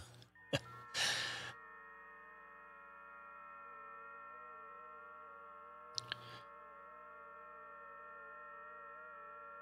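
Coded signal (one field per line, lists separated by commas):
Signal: FT8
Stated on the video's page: FT8 received via SunSDR using TCI interface.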